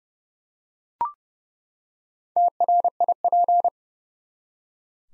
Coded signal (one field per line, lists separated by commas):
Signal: Morse code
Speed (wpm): 30 wpm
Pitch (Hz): 700 Hz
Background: none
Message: TRIP